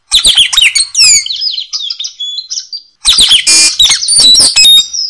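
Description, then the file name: Blue-rumped parrot chattering with quick slurred whistles and harsh notes, a brief pause, then a second dense burst of loud rasping and whistled calls. "nuri tanau omkicau"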